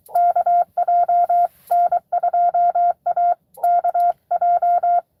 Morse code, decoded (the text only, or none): KJ N2AKJ